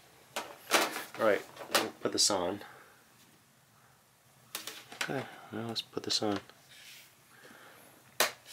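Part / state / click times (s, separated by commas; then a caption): hard plastic shell cover onto a 15-inch laptop / seated / 8.2 s. A plastic hard-shell cover half is pressed onto the body of a 15-inch laptop while someone talks. At 8.2 s its clips catch with a single sharp snap, and the case is seated in place.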